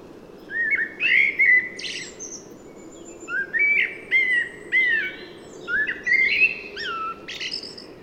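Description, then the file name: Common blackbird singing repeated mellow whistled phrases, each ending in a high squeaky twitter. "Turdus merula"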